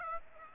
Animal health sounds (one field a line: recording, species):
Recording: mosquito wingbeat signal from an infrared sensor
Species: Aedes aegypti